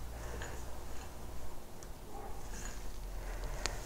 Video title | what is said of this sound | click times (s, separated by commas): Pantograph Demonstration - Machining a Watch Dial Chapter Ring | there it is so now it's locked into place in the left and right movement so | 3.7 s